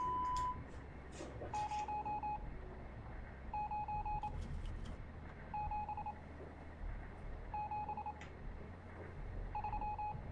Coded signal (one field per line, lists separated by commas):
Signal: Morse code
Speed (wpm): 26 wpm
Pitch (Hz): 840 Hz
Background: none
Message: 09773